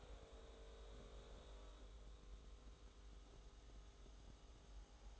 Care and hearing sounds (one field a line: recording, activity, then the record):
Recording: daily activity, microphone in the room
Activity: make coffee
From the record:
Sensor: 3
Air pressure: 991.6 hPa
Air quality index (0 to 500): 181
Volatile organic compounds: 1000 ppm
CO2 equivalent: 6047 ppm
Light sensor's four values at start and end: 42/120/48/43 and 42/120/49/43